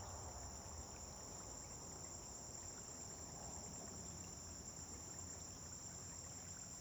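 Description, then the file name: High, even cricket trilling runs through the whole stretch, with a dull low traffic rumble underneath. Dawn on a farm, crickets with vehicles passing on a distant road. "Amanhecer na fazenda com grilos veiculos passando em estrada longe"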